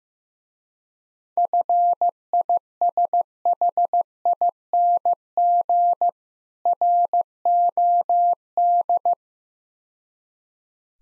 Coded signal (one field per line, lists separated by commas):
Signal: Morse code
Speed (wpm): 15 wpm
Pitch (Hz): 700 Hz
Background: none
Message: FISHING ROD